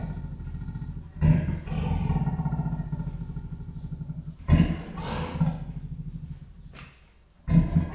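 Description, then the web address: Leopard snore, a deep rhythmic rasping rumble held for seconds, broken by three loud harsh breathy bursts roughly every three seconds. Captive leopard snoring at a zoo in Jászberény, in 2015. "allathangok jaszberenyizoo 2015 leopard horgoallat egyleggyelfuszerezve"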